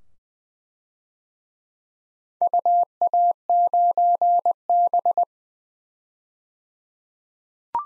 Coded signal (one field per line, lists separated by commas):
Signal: Morse code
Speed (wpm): 20 wpm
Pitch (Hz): 700 Hz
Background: none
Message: UA9B